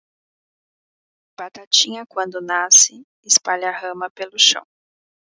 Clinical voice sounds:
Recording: short text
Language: Brazilian Portuguese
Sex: female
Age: 20 to 29 years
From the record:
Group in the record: control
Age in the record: 23 years

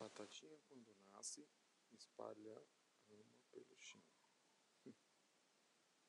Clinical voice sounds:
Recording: short text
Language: Brazilian Portuguese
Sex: male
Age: 30 to 39 years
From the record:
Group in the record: control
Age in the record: 33 years

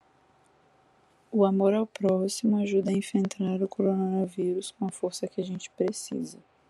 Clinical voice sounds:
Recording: spoken sentence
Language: Brazilian Portuguese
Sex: female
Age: 20 to 29 years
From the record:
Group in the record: control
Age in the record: 23 years

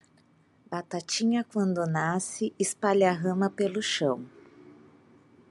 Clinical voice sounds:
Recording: short text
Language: Brazilian Portuguese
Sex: female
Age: 40 to 49 years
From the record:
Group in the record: control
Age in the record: 41 years

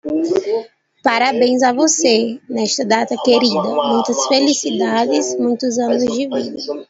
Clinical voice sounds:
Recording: short text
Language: Brazilian Portuguese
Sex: female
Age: 20 to 29 years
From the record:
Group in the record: control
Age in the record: 22 years

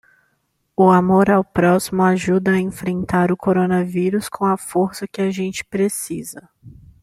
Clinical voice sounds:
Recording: spoken sentence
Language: Brazilian Portuguese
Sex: female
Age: 20 to 29 years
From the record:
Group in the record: control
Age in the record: 23 years

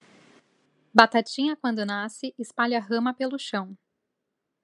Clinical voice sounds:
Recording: short text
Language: Brazilian Portuguese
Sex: female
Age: 30 to 39 years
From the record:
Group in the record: control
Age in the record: 33 years

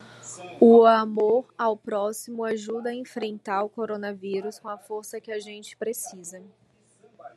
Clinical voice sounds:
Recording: spoken sentence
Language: Brazilian Portuguese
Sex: female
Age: 30 to 39 years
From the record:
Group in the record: control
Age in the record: 34 years

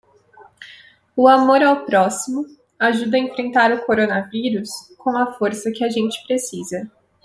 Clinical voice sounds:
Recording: spoken sentence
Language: Brazilian Portuguese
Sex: female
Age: 20 to 29 years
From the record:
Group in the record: control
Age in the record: 21 years

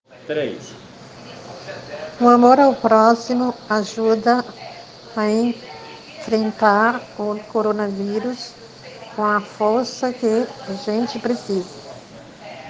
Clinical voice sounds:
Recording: spoken sentence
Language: Brazilian Portuguese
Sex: female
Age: 50 to 59 years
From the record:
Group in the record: respiratory insufficiency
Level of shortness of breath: 5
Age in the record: 55 years

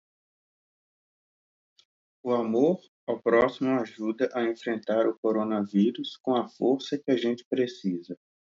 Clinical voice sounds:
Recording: spoken sentence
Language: Brazilian Portuguese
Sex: male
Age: 40 to 49 years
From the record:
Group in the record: control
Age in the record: 44 years

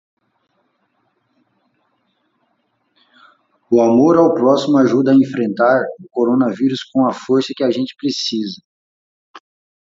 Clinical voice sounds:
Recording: spoken sentence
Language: Brazilian Portuguese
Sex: male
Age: 40 to 49 years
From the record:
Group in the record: control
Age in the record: 44 years

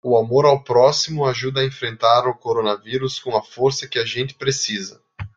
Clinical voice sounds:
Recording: spoken sentence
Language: Brazilian Portuguese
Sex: male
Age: 20 to 29 years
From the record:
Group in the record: control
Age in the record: 29 years

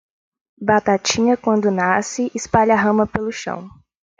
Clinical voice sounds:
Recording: short text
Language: Brazilian Portuguese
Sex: female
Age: 20 to 29 years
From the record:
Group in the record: control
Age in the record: 23 years

